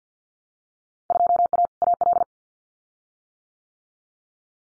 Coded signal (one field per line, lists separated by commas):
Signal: Morse code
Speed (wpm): 50 wpm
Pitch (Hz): 700 Hz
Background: none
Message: 2A AL